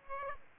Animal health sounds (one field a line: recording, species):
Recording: mosquito wingbeat signal from an infrared sensor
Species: Aedes aegypti